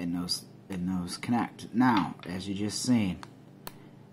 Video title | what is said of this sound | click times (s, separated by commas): New Balance RunIQ compared with Moto360 | you'll hear it click but it ain't connected you gotta kind of wiggle it get it on there | 3.7 s